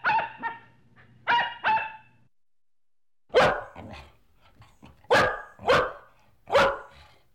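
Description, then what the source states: Dog barking, two pairs of ringing barks, then a string of harsher barks after a short pause, with a faint hum at the start. Medium-sized dog, barking.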